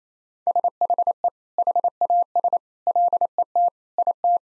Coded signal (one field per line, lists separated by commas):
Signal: Morse code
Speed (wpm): 28 wpm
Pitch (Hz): 700 Hz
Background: none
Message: SHE HAS LET IT